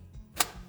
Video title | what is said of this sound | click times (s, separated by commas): The BEST 👑 $1200 1440p Gaming PC ⚡ Build Guide 2024 | give it a firm press and you should hear a click | 0.4 s